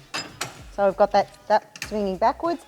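A camper trailer's metal stabiliser leg is raised by pulling the handle and swinging the leg backwards into its locking bracket. A metallic clank at 0.4 s marks the leg locking into place, and a short jiggle may be needed to engage it. Someone talks throughout.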